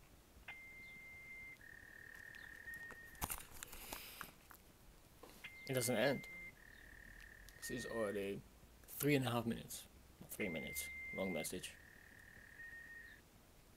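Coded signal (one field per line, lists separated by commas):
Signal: dial-up modem handshake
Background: speech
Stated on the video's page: Repetitive robotic sounds left in a numeric pager's virtual voicemail by an unknown caller, looping for five minutes.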